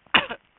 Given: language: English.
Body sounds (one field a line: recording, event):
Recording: throat vibration sensor signal played as sound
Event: cough